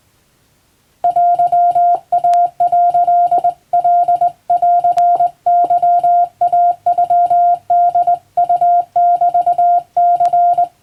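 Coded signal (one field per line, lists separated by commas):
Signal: Morse code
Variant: Japanese Wabun code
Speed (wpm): 20 wpm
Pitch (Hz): 700 Hz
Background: none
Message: テイ」カンケイノホウメニ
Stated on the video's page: Japanese wabun Morse code practice sent from a telegram practice book, meant for playback at adjustable speed.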